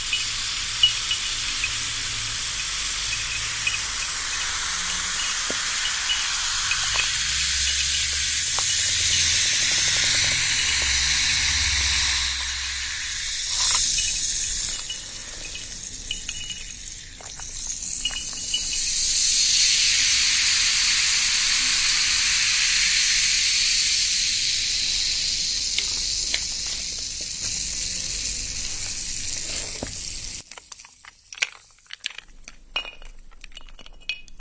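Sparkling soda water fizzes in a dense, steady hiss of tiny popping bubbles, bright and crackly, swelling louder around 13 and 20 seconds. Occasional sharper pops stand out. Near 30 seconds the fizz drops away abruptly, leaving faint scattered clicks.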